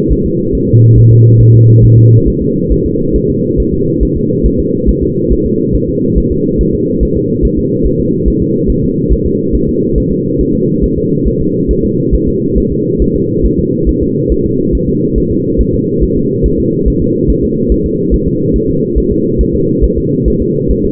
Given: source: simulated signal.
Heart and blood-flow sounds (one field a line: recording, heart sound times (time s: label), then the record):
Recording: fetal heart sounds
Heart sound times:
0.12 s: S1
0.26 s: S2
0.55 s: S1
0.69 s: S2
0.98 s: S1
1.12 s: S2
1.41 s: S1
1.55 s: S2
1.84 s: S1
1.98 s: S2
2.28 s: S1
2.42 s: S2
2.72 s: S1
2.86 s: S2
3.16 s: S1
3.30 s: S2
3.60 s: S1
3.74 s: S2
4.03 s: S1
4.17 s: S2
4.46 s: S1
4.60 s: S2
4.89 s: S1
5.03 s: S2
5.32 s: S1
5.46 s: S2
5.75 s: S1
5.89 s: S2
6.18 s: S1
6.32 s: S2
6.61 s: S1
6.75 s: S2
7.03 s: S1
7.17 s: S2
7.45 s: S1
7.59 s: S2
7.87 s: S1
8.00 s: S2
8.28 s: S1
8.42 s: S2
8.70 s: S1
8.84 s: S2
9.12 s: S1
9.26 s: S2
9.55 s: S1
9.69 s: S2
9.98 s: S1
10.12 s: S2
10.41 s: S1
10.55 s: S2
10.84 s: S1
10.98 s: S2
11.27 s: S1
11.41 s: S2
11.71 s: S1
11.85 s: S2
12.15 s: S1
12.28 s: S2
12.58 s: S1
12.72 s: S2
13.02 s: S1
13.16 s: S2
13.46 s: S1
13.59 s: S2
13.89 s: S1
14.03 s: S2
14.32 s: S1
14.46 s: S2
14.75 s: S1
14.89 s: S2
15.18 s: S1
15.32 s: S2
15.61 s: S1
15.74 s: S2
16.03 s: S1
16.17 s: S2
16.46 s: S1
16.60 s: S2
16.88 s: S1
17.02 s: S2
17.30 s: S1
17.44 s: S2
17.72 s: S1
17.86 s: S2
18.14 s: S1
18.28 s: S2
18.56 s: S1
18.70 s: S2
18.98 s: S1
19.12 s: S2
19.41 s: S1
19.55 s: S2
19.84 s: S1
19.98 s: S2
20.28 s: S1
20.42 s: S2
20.71 s: S1
20.85 s: S2
From the record:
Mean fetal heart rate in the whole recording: 140 bpm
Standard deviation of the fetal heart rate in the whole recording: 2 bpm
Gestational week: 34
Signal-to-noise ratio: -11.2 dB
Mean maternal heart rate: 72 bpm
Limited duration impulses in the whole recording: present